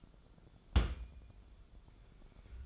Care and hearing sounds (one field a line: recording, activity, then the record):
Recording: daily activity, microphone in the room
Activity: place on stove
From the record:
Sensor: 5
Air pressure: 1010.5 hPa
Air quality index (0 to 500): 114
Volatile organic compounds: 2 ppm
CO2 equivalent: 1121 ppm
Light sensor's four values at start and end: 542/1383/573/658 and 536/1365/567/651